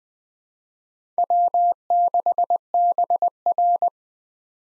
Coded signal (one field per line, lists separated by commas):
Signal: Morse code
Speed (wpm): 20 wpm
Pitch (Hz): 700 Hz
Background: none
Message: W6BR